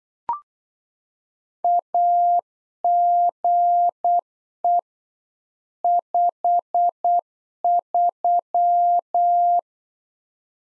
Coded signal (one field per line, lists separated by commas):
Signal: Morse code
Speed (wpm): 8 wpm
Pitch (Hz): 700 Hz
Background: none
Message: AGE 53